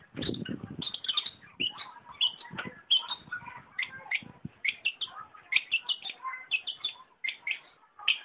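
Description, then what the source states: Long-tailed shrike giving a busy medley of short chirps and twitters, opening over a low rumbling thump, with sharp high notes scattered throughout. Combination song (kombinasi) style.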